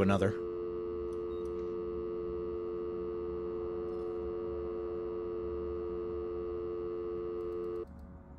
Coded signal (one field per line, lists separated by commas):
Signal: telephone call progress tone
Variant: North America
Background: speech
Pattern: dial tone